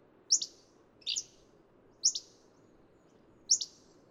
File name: Hammond's Flycatcher